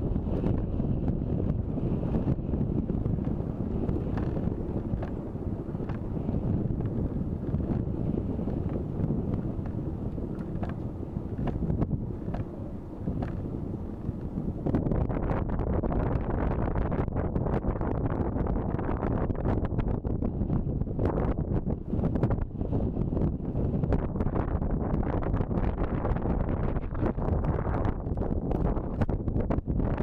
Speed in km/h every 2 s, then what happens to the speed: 24, 22, 22, 21, 20, 20, 19, 19, 18, 18, 18, 18, 19, 19, 20.
0-30 steady at about 19.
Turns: none.